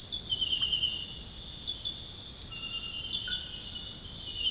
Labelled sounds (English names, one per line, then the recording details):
none
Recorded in dense forest near Puerto Asís, Putumayo, Colombia, on 20 February 2024 at 05:30
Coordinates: 0.485, -76.325
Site G6429